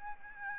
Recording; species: mosquito wingbeat signal from an infrared sensor; Aedes albopictus